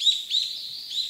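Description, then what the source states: Brown-eared bulbul, a brief burst of high, squeaky slurred notes in quick succession over quiet background. Recorded on Kamishima island, Mie Prefecture, Japan.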